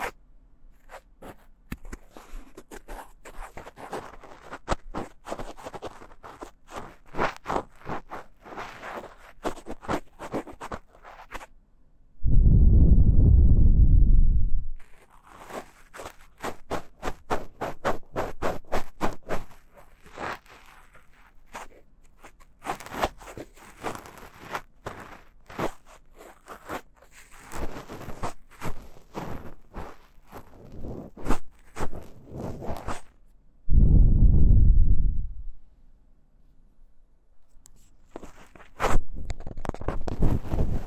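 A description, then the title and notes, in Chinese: Ear cleaning with scratchy, rapid crackles and rustles in dense bursts, running for stretches of about ten seconds. Twice, near 12 and 34 seconds, a loud low muffled rumble takes over for a few seconds, as if something presses over the ear. ASMR×KU100。掏耳．梵天．馬尾絲。Deep Ear Cleaning。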